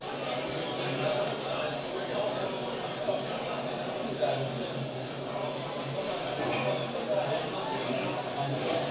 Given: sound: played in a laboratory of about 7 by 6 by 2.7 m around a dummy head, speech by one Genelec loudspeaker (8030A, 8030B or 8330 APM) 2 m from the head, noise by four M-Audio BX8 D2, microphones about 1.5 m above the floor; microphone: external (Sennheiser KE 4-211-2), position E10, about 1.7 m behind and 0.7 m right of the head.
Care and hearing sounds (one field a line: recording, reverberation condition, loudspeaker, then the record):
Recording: cafeteria noise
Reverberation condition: medium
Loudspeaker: four, about 170 cm from the corners of the room and facing them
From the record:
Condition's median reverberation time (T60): about 510 ms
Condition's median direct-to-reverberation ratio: about -0.5 dB